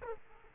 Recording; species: mosquito wingbeat signal from an infrared sensor; Aedes aegypti